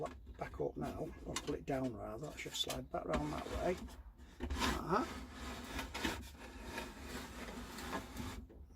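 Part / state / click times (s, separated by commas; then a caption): swivel seat base in the van seat frame / not seated / none. Someone talks while pulling the lock lever down and sliding the VW T25 swivel seat base in the van seat frame back round into position, with only a faint rub heard. Nothing has locked or clicked yet.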